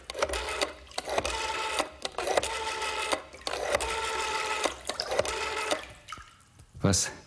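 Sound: telephone being dialed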